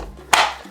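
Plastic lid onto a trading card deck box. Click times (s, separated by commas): 0.3 s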